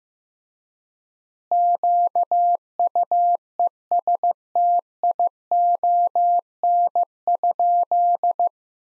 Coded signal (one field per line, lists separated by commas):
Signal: Morse code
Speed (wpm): 16 wpm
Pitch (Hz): 700 Hz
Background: none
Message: QUESTION?